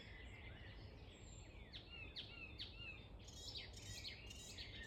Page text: Icterine Warbler, Hippolais icterina Observation time 30-May-2025 plkst. 15:03 Administratīvā teritorija Beverīnas novads Count 1 Status Singing male in breeding season